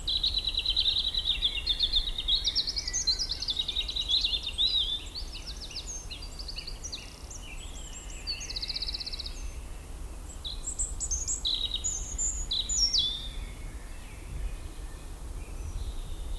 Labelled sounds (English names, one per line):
European Robin song